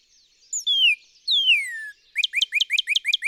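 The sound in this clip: Northern cardinal singing two long, sweet whistles that slide downward, followed by a quick run of short, sharp notes.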